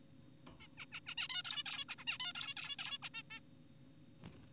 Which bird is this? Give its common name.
Zebra Finch